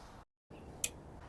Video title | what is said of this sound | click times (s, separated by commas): How to: 2002 Lexus RX300 Wiper Blade Replace (w PIAA Silicone Wipers) | all right it was very faint but we heard that it locked in | 0.8 s